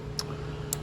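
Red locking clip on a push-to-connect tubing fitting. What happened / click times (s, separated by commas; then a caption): A small plastic locking clip snaps onto a tubing fitting / 0.2 s, 0.7 s. A red plastic locking clip is pressed back onto a push-to-connect water filter fitting on a Bio Quantum after the tubing has been pushed all the way in. Two sharp, tick-like clicks sound at 0.2 s and 0.7 s over a steady low hum. The clip snaps on and is seated.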